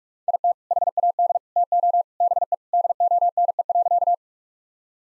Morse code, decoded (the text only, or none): IT HAD TO BE DONE.